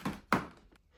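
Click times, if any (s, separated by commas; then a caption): 0.3 s. An upright handle is pushed down onto the top of a Shark CarpetXpert Hair Pro carpet cleaner body. A softer thump at the start is followed by a sharp, loud click-like thunk at 0.3 s, then a faint tap near the end. The handle locks into place.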